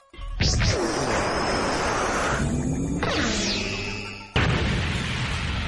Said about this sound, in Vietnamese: Ngay sau đó, tiếng nổ lớn ngập trời.